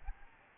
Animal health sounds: mosquito wingbeat signal from an infrared sensor; Aedes albopictus

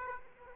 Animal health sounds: mosquito wingbeat signal from an infrared sensor; Aedes aegypti

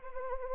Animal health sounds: mosquito wingbeat signal from an infrared sensor; Anopheles arabiensis

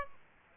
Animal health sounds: mosquito wingbeat signal from an infrared sensor; Aedes aegypti

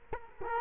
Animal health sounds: mosquito wingbeat signal from an infrared sensor; Culex quinquefasciatus

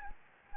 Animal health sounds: mosquito wingbeat signal from an infrared sensor; Anopheles gambiae

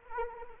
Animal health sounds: mosquito wingbeat signal from an infrared sensor; Anopheles arabiensis

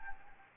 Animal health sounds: mosquito wingbeat signal from an infrared sensor; Anopheles gambiae

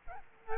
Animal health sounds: mosquito wingbeat signal from an infrared sensor; Aedes albopictus

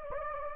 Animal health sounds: mosquito wingbeat signal from an infrared sensor; Anopheles gambiae

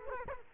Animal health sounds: mosquito wingbeat signal from an infrared sensor; Culex quinquefasciatus

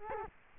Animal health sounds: mosquito wingbeat signal from an infrared sensor; Culex quinquefasciatus

